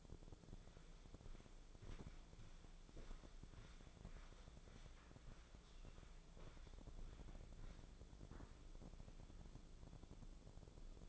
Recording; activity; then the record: daily activity, microphone in the room; walk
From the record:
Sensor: 5